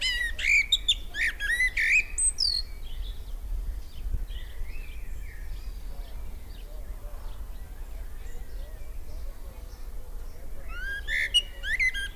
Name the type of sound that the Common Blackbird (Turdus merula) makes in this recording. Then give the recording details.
song. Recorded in the wild. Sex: male. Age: adult. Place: Lübars (Fließtal), Berlin, DE. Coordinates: 52.6167, 13.35. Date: 1998-06-13 18:18. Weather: fair, 15°C. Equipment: Sony MD-WM MZ-R3, Sennheiser MKH 416 T, Kopie Uher 4000 Report Monitor. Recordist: Tembrock, Günter